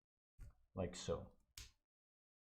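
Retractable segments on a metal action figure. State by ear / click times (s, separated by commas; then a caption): seated / 1.6 s. Someone talks while retracting the folding mechanism on a metal and plastic collectible robot figure, a Metal Build Eva-02 Production Model. At 1.6 s a short, sharp click rings out as the retractable segments lock into their retracted position, so nothing slides out.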